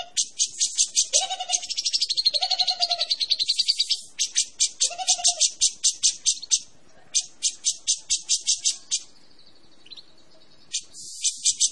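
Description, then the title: Cucak jenggot song: fast rattling high trills in bursts, mixed with short lower whistled notes early on and a thin sliding note late. Persistent, long song ('gacor panjang'). "Cucak Jenggot Gacor 4. Suara Burung Cucak Jenggot Gacor Panjang"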